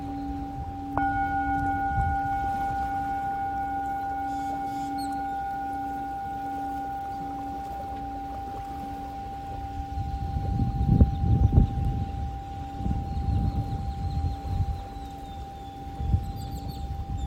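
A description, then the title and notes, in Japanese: A singing bowl is struck about a second in and rings on as a steady, pure tone with fainter higher overtones, over a lower, gently wavering hum. Beneath it, water splashes and rumbles at the shoreline, swelling into louder bursts from around ten seconds onward. メキシカンカリブのビーチより 波打ち際の水の弾ける音と海鳥のさえずりと共に シンギングボウルのサウンドをお届けします。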